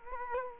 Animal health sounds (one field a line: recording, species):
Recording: mosquito wingbeat signal from an infrared sensor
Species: Culex quinquefasciatus